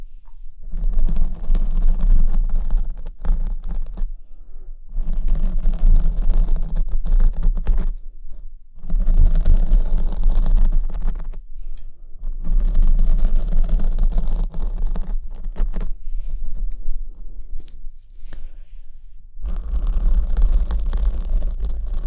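Scratchy rubbing against a microphone comes in long bursts lasting a few seconds each, separated by brief near-silent breaks around 4, 8.5, 12.5, 17 and 19 seconds. The scratching is dense and textured, with a strong low thumping rumble underneath and a thin hiss above.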